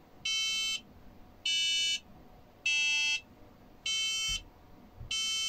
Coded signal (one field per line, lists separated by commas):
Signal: none